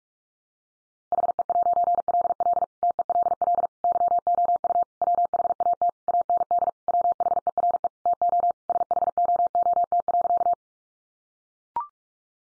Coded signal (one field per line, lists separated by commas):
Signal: Morse code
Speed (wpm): 44 wpm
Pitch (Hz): 700 Hz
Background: none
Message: HE'LL TELL YOU WHAT AND WHERE TO SHOOT.